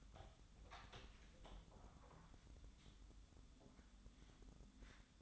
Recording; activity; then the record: daily activity, microphone in the room; open door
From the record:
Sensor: 3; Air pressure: 1004.9 hPa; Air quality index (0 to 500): 69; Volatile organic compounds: 2 ppm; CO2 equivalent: 1028 ppm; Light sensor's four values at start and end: 9/20/8/8 and 9/21/8/8